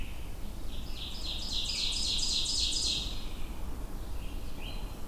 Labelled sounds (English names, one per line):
Ovenbird song